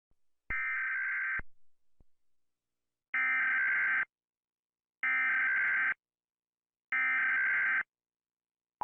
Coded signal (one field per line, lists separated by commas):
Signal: Emergency Alert System (SAME) tones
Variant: header bursts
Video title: Godzilla eas alarm part 1 )read description)